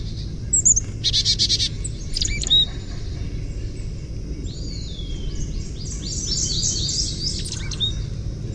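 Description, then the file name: Carolina chickadee gargle calls: quick bursts of very high, scratchy notes, then a long run of rapid, sliding high notes near the end, over steady low background noise. "CACH chickadee gargle"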